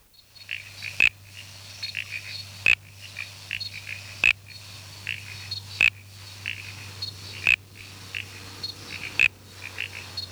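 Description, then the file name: Uperoleia mimula toadlet calls: sharp, clicky mid-pitched notes, the loudest repeated roughly every one and a half seconds, with softer notes between and a steady low hum. "Uperoleia mimula"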